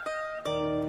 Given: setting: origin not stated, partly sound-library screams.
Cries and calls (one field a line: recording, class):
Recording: one-second piece from a danger detection set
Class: normal situation